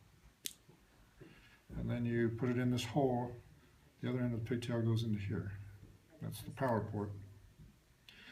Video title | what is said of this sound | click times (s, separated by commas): How-to Clean Motorcycle Fuel Injectors w/ Motion Pro tool | If you have the right one, the right pigtail should just go right on. And you'll hear it click. | 0.5 s